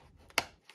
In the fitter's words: and then the final snap there